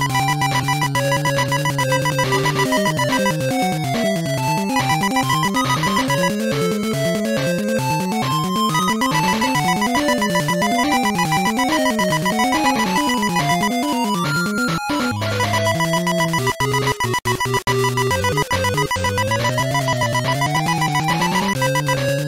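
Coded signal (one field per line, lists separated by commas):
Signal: none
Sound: game sound effects beeps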